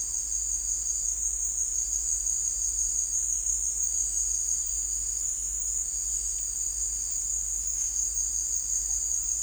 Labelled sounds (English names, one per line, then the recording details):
none
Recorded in secondary vegetation near Puerto Asís, Putumayo, Colombia, on 20 December 2024 at 16:30
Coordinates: 0.484, -76.319
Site GP06